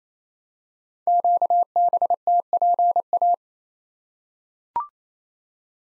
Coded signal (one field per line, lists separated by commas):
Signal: Morse code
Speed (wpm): 27 wpm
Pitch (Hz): 700 Hz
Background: none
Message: QBTPA